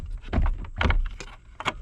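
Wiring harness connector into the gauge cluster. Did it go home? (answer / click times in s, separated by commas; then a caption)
no / none. The first wiring harness connector is being plugged back into the circuit board of a swapped gauge cluster on a 1994–2004 SN95 Mustang, with the Mach 1 board going into the GT cluster. Short handling knocks and rustles are heard around 0.5, 0.8, 0.9 and 1.7 seconds. Nothing has seated or clicked yet; the connector is still not home when the clip ends.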